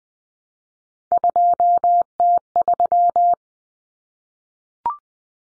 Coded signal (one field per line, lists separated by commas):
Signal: Morse code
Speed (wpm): 20 wpm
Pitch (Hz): 700 Hz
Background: none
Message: 2T3